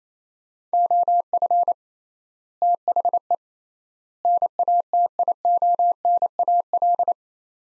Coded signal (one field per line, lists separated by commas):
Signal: Morse code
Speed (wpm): 28 wpm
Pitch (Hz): 700 Hz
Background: none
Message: OF THE NATIONAL